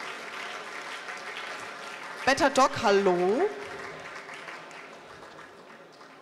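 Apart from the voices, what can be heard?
audience applause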